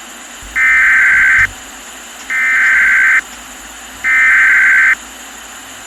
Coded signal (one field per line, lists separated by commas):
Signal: Emergency Alert System (SAME) tones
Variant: header bursts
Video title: Eas Scenario/ Analog Horror Cursed Moon